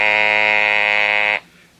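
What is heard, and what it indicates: A steady buzzing tone for about 1.3 seconds, then stops: a handheld Servox electrolarynx switched on by pressing its thumb switch, without speech.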